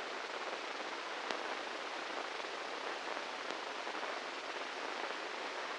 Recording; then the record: brain microelectrode recording played as sound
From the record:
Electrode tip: inside the subthalamic nucleus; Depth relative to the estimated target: -3 mm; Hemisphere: right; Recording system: NeuroSet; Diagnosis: Parkinson's disease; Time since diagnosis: 8 years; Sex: male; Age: 58 years